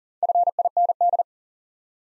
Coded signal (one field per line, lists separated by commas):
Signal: Morse code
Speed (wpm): 40 wpm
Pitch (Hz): 700 Hz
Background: none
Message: FIND